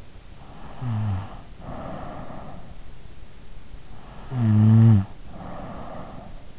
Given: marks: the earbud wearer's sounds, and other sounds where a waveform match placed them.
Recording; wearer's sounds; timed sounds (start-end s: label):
sounds in sleep by an in-ear microphone; snoring breath
0.35-2.80 s: snoring breath
3.81-6.59 s: snoring breath